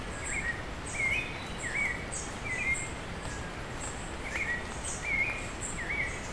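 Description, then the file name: Bird repeating short chirped calls roughly every second, high faint notes, rain hissing steadily throughout. Bird calling with rain falling on leaves. "Hi-Fi Nature Sounds - Beautiful Bird Call with Rain on Leaves"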